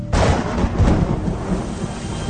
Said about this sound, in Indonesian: terdengar di luar sana suara hujan. Iya, tiba-tiba saja hujan besar mengguyur di luar. Sesekalipun terdengar suara petir yang menggelegar.